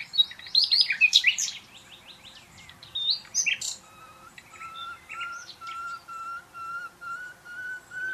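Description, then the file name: Common nightingale song: varied rapid chirping notes, then a series of low, even, repeated whistles. "Luscinia megarhynchos"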